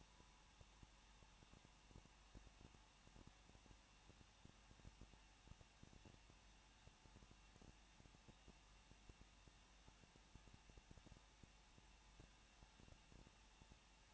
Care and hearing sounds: daily activity, microphone in the room; no activity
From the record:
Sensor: 1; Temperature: 20.1 degrees Celsius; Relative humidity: 39.0%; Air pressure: 1006.6 hPa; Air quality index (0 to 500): 216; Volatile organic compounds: 72 ppm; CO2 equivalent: 3533 ppm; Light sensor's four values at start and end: 1/2/1/1 and 1/2/1/1

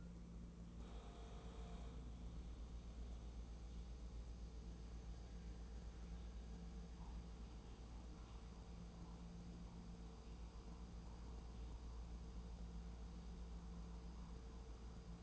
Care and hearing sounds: daily activity, microphone in the room; make coffee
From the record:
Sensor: 1

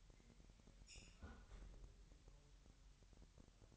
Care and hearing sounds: daily activity, microphone in the room; close fridge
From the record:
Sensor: 3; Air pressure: 1001.9 hPa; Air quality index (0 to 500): 246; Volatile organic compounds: 50 ppm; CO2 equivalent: 3300 ppm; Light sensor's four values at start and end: 12/36/16/13 and 12/36/16/13

